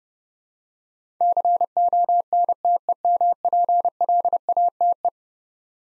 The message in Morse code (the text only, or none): CONTEMPLATE